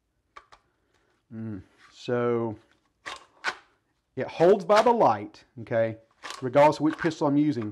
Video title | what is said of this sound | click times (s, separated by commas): Canik TP9 Elite SC Review - Comprehensive Testing | I'm not getting that good solid positive click and retention that I get with my elite | 0.4 s, 0.5 s